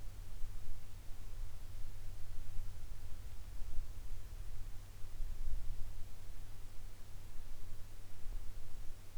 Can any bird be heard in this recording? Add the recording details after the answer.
no. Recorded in the Arctic National Wildlife Refuge, Alaska, on 22 July 2019 at 16:23. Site 41